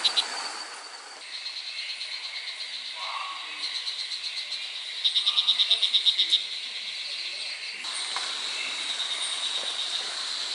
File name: assa darlingtoni